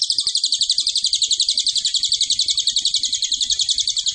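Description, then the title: Cililin call: an unbroken, very rapid high trill of shrill, buzzy notes, steady in pitch and loudness for the whole stretch, with faint low rumbles underneath. Master recording of the cililin bird's call, meant as a lure (pancingan) to draw in cililin birds. "Cililin AMPUH. JANGAN KAGET MASTERAN AMPUH SUARA BURUNG CILILIN BISA JUGA PANCINGAN CILILIN"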